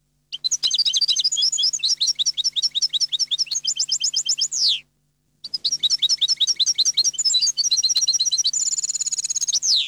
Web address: Chants Chard